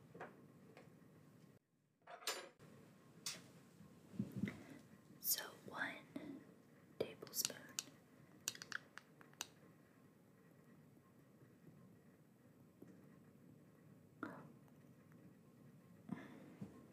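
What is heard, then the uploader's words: Someone making and applying a face mask, with soft scraping, tapping and light clinks of a spoon or small dish coming in bursts. A brief silence breaks it near two seconds, then busy handling until about ten seconds, later sparse taps over a low steady hum. Making and Applying a Face Mask ASMR.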